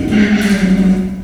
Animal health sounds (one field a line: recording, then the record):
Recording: squeal of a Yucatan mini pig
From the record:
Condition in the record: after surgery on the right vocal fold (resection and tissue-engineered implant)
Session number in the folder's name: 1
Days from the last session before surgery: 13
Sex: female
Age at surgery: 19 weeks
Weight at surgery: 25 kg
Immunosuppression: prednisolone